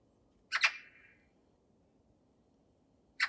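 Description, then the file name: Eurasian magpie giving a short harsh double-noted rasp, followed by a long silence and another harsh burst at the very end. "Pica pica"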